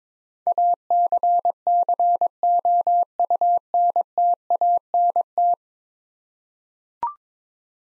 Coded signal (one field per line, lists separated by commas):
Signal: Morse code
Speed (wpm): 22 wpm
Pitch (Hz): 700 Hz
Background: none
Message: ACCOUNTANT